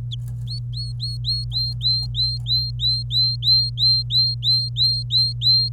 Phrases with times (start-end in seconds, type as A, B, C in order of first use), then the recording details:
0.47-5.72 A. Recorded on 26 April 2018 at 08:17. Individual llb3